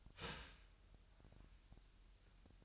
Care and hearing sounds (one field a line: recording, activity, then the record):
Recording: daily activity, microphone in the room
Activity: start toaster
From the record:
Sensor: 2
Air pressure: 1001.9 hPa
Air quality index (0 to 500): 246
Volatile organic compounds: 38 ppm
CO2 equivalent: 3106 ppm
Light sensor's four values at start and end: 9/30/12/11 and 9/30/12/11